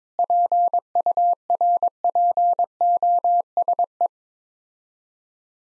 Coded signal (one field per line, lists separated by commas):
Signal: Morse code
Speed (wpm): 22 wpm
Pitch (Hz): 700 Hz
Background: none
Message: PURPOSE